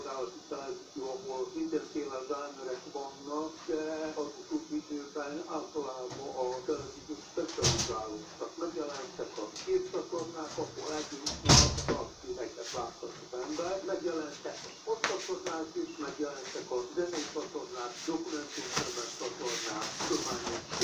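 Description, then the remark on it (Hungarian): A door swings shut with a sharp thud, and a second bang follows a few seconds later, both cutting through steady conversation that carries on around them. “Csukd az ajtó, ne bejöjjön a macska!”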